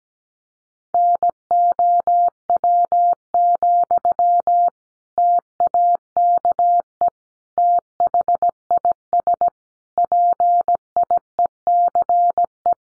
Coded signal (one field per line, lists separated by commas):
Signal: Morse code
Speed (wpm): 17 wpm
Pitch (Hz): 700 Hz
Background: none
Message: NOW, TAKE THIS PIECE